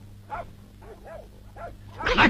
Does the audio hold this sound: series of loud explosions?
no